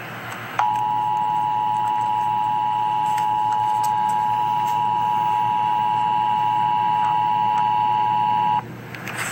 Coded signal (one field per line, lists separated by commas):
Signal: Emergency Alert System (SAME) tones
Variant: 853 and 960 Hz attention tone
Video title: Emergency Alert System - Severe Thunderstorm Watch - Jun 11, 2026 at 11:38 PM EDT